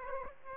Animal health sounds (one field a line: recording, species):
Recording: mosquito wingbeat signal from an infrared sensor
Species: Aedes aegypti